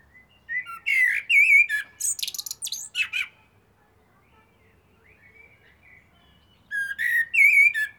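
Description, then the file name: Common blackbird song: two phrases of low, fluty warbling that break into high, squeaky twitters, with a quiet pause between them. "Turdus merula"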